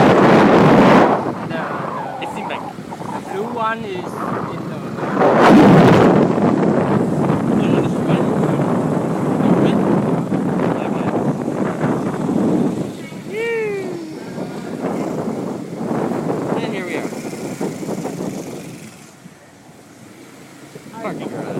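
A ride through back alleys in Da Nang, with a steady low engine drone and wind buffeting the microphone throughout. Voices come and go, a burst of rushing noise hits around five seconds, and short rising and falling tones sound near thirteen seconds.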